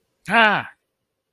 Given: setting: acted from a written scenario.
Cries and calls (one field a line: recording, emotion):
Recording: vocal sound without words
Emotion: pain